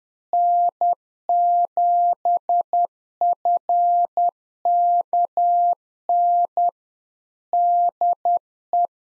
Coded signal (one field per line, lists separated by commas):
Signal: Morse code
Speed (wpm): 10 wpm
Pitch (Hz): 700 Hz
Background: none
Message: N7FKN DE